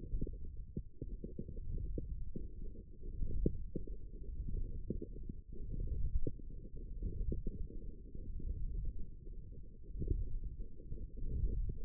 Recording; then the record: forearm muscle sounds (acoustic myography)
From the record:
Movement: wrist flexion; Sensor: system 1, eight BSWA MPA416 microphones around the upper forearm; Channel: 7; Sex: male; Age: 23 years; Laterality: right